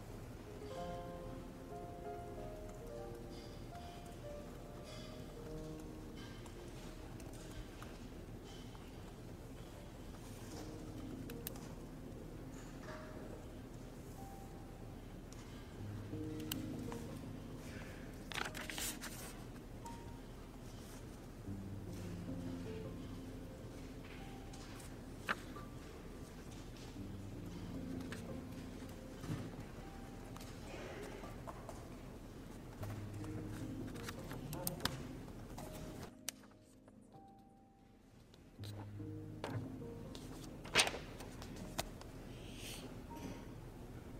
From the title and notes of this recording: Study with me at hogwarts (aka the yale library!).